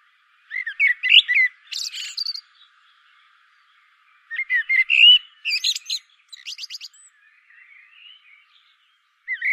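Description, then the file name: Common blackbird giving low fluty warbles that break into squeaky high flourishes, two main phrases with a softer fragment near the end. "Turdus merula"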